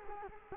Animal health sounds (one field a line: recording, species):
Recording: mosquito wingbeat signal from an infrared sensor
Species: Culex quinquefasciatus